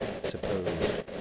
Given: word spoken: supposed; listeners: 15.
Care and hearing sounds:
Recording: one English word in noise, from a listening test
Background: noise modulated by three-talker babble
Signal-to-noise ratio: -4.7 dB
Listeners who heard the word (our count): 1 of 15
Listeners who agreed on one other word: 11 of 15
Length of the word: 0.81 s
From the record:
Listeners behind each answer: 11, 1, 1, 1, 1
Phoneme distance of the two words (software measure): 7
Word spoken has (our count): 2 syllables, 6 phonemes, stress on syllable 2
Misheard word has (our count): 2 syllables, 5 phonemes, stress on syllable 2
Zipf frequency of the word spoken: 4.92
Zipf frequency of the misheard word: 5.02

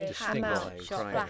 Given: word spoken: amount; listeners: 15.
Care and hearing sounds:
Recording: one English word in noise, from a listening test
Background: four-talker babble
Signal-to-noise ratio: -1.6 dB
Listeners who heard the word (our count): 1 of 15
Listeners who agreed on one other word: 7 of 15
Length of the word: 0.90 s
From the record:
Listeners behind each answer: 7, 1, 1, 1, 1, 1, 1, 1, 1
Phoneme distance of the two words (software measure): 34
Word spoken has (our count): 2 syllables, 5 phonemes, stress on syllable 2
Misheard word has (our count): 1 syllable, 3 phonemes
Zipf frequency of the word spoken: 5.07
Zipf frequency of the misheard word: 4.76

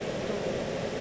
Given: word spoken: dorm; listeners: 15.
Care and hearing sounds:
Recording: one English word in noise, from a listening test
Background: speech-shaped noise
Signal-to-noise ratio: -6.5 dB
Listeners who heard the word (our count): 0 of 15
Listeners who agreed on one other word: 11 of 15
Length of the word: 0.61 s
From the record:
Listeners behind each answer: 11, 1, 1, 1, 1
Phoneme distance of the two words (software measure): 7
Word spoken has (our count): 1 syllable, 3 phonemes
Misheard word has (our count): 1 syllable, 2 phonemes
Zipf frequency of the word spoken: 2.69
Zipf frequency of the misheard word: 5.26

